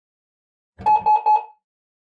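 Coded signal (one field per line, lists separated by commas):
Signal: none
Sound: computer beep sound effect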